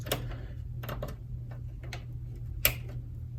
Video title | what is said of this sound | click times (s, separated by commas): Upgrading CyberPowerPC Gaming Rig with WD_Black 8TB | And push it in until you hear a little snap. There you go. Once you hear it click, you should be good. | 2.7 s